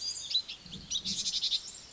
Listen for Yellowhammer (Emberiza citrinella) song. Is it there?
no